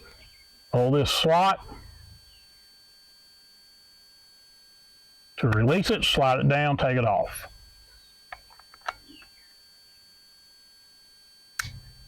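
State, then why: Seated. A battery pack is slid down to release it and taken off a Radtel RT 470X handheld two-way radio, then refitted until its latch catches. Someone talks, followed by small clicks and knocks around 8.3–8.9 s as the pack is handled. A sharp click at 11.6 s marks the battery pack locking back onto the radio.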